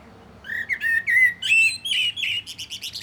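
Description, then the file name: Common blackbird singing a run of fluty warbled notes that rise slightly, then break into thin, high twittering squeaks at the phrase's end. "Turdus merula"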